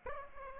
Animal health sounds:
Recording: mosquito wingbeat signal from an infrared sensor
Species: Aedes aegypti

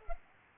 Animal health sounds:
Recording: mosquito wingbeat signal from an infrared sensor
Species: Culex pipiens

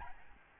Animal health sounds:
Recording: mosquito wingbeat signal from an infrared sensor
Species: Aedes albopictus

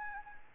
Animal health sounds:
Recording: mosquito wingbeat signal from an infrared sensor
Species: Anopheles gambiae

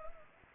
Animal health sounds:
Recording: mosquito wingbeat signal from an infrared sensor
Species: Anopheles arabiensis

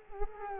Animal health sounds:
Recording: mosquito wingbeat signal from an infrared sensor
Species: Culex quinquefasciatus

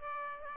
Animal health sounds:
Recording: mosquito wingbeat signal from an infrared sensor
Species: Aedes aegypti

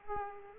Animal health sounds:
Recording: mosquito wingbeat signal from an infrared sensor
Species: Aedes aegypti

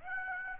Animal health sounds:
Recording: mosquito wingbeat signal from an infrared sensor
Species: Aedes aegypti

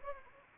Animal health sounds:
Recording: mosquito wingbeat signal from an infrared sensor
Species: Anopheles arabiensis

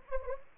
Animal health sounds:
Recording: mosquito wingbeat signal from an infrared sensor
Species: Anopheles gambiae

